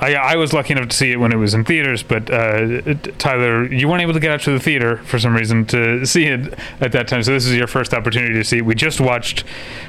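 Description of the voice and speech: A man speaks fluently at an easy conversational pace, with clear voicing at a mid-low pitch and only brief pauses. The speech is ordinary and unremarkable, with no hoarseness, repetitions or slurring.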